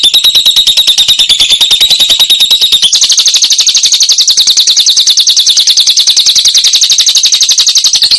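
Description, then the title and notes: Lovebird chatter: a fast run of thin, high chirps that jumps to a higher, denser buzzy chatter after about three seconds and keeps going to the end. Recording intended as a tutor track for training songbirds (masteran). "Suara Burung Lovbred Mantap Buat Masteran"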